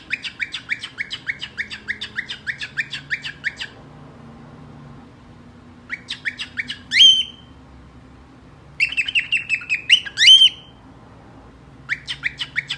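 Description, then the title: Cockatiel chattering in rapid bursts of buzzy notes, broken by two loud, harsh squawks. Several cockatiels singing, whistling. "Calopsitas Cantando Assobio"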